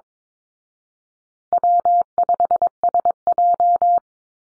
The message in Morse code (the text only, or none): W5SJ